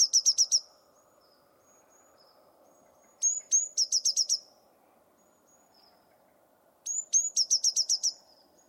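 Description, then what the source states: Bird giving fast, high, trilled series of chirps, mostly opened by a short whistle, in three bursts over a faint low hum. Bird-only recording from a 2025 bird dataset.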